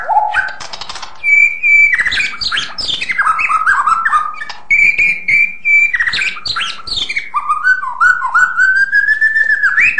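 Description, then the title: White-rumped shama song: varied mix of harsh chatters, clear level whistles and slurred notes, ending in a long rising whistled phrase. "kicau murai batu panjang"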